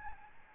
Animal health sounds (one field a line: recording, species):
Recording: mosquito wingbeat signal from an infrared sensor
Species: Aedes albopictus